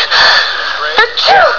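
A noisy, breathy build-up, then a sharp burst and a brief voiced trailing cry: a single sneeze.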